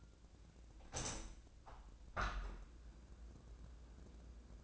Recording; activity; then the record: daily activity, microphone in the room; open window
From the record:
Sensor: 2